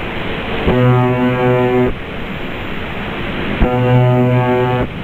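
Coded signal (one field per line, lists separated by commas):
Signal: channel marker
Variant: UVB-76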